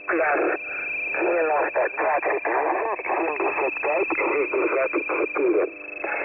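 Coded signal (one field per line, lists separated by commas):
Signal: coded military voice message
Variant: The Pip, Russian voice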